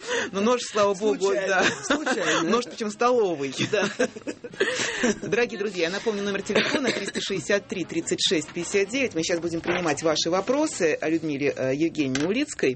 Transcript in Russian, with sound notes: Ну, нож, слава богу... Случайно. Да. Нож причем столовый. (все смеются) Дорогие друзья, я напомню номер телефона 363-36-59. Мы сейчас будем принимать ваши вопросы Людмиле Евгеньевне Улицкой.